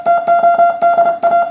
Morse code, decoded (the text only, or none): TODA